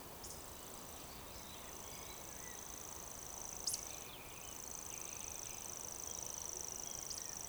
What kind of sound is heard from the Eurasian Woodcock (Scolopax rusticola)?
whistle